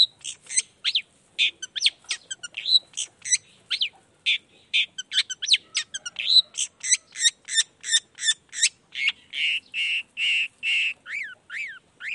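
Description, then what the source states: Long-tailed shrike singing a lively, jumbled string of chirps and whistles, then steady repeated squawky notes and finally arched whistles. Cendet singing in the morning, a 'toet toet' variation of its voice, played as a stimulus to rouse lazy shrikes into singing along.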